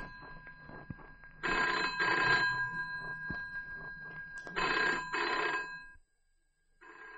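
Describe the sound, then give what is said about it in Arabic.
A telephone rings in two long double bursts, a bright, buzzing electric bell with steady harmonic tones humming between rings, then briefly starts again at the end. “طب شوف مين اللي طالبك.”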